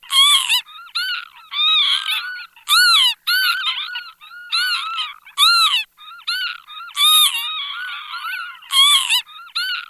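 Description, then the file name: Northern lapwing calls, a series of wheezy, arched, slurred notes given in quick irregular bursts. "PAVONCELLA"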